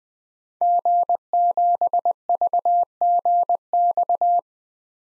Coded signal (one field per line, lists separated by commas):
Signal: Morse code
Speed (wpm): 20 wpm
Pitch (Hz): 700 Hz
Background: none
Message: G7VGX